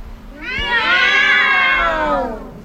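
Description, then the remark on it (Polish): An audience of cat lovers at a Polish Radio Trójka broadcast of Zagadkowa niedziela loudly imitates a cat's meow in one long, drawn-out cry that rises in pitch, holds steady for over a second, then slides down and fades. “Czy osoby, które do nas przybyły, miłośnicy kociej szajki, mogą zrobić teraz takie głośne miau?”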